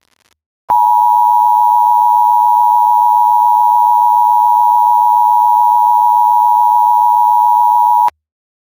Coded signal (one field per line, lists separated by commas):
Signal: Emergency Alert System (SAME) tones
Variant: 853 and 960 Hz attention tone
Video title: EAS - Poorly Worded PDS TOR